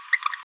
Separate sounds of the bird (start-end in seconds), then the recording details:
0.13-0.17. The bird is a female. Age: 27 days. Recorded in a nest box in Venezuela. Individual 17B73B3